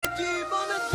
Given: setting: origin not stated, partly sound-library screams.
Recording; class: one-second piece from a danger detection set; normal situation